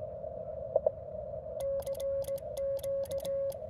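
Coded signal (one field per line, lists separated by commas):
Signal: Morse code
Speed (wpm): 18 wpm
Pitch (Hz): 550 Hz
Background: music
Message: I CQ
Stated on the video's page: Straight-key CW from a QRP parks-on-the-air activation on an FT-891 with a 9:1 end-fed random wire and ZM-2 tuner, on 15, 17, 20 and 40 m.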